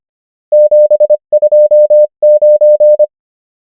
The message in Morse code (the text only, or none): 729